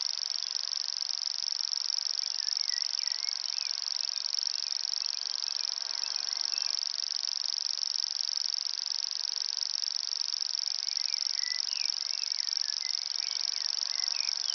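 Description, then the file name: Common grasshopper warbler song, an unbroken high mechanical reel like a ticking cricket running steadily throughout, while other birds call softly and sporadically in the background. Recorded at Ystad, Sweden, in 2011. "Gräshoppsångare - Locustella naevia-Ystad-Sweden"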